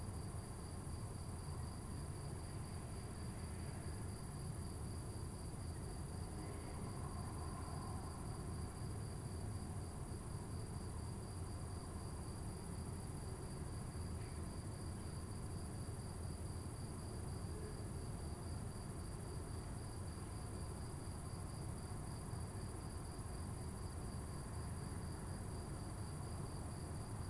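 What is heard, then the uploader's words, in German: Crickets sing at night as a steady high whine over a constant low rumble of town traffic, with faint, brief chirps drifting through. Stadtnacht. Heute lauschen wir bei Nacht in die Stadt, und hören den Grillen bei ihren Gesängen zu.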